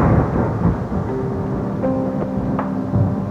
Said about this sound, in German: Über dem Tal zog ein Gewitter auf.